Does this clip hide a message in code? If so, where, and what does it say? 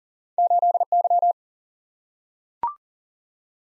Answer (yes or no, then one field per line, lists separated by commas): yes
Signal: Morse code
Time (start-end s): 0.4-1.3 s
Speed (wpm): 40 wpm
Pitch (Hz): 700 Hz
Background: none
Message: 8Y